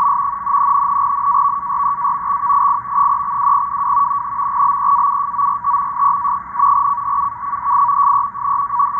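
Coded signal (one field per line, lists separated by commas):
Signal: NAVTEX (SITOR-B)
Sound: steady fast warbling between two close tones around 1 kHz, continuous data chatter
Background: radio static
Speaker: you can see the code so here you can see the matching lines footed the code and of course to the code going on right here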